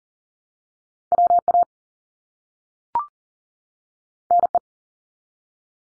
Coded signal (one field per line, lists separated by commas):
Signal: Morse code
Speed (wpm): 40 wpm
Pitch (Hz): 700 Hz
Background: none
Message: WA NE